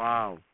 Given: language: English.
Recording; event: throat vibration sensor signal played as sound; speech